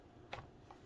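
A folding folio case is pulled onto the back of a device by magnets and pops into place with a sharp snap at 0.3 s. A fainter, shorter tick follows at 0.7 s, and the case is seated.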